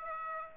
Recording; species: mosquito wingbeat signal from an infrared sensor; Aedes aegypti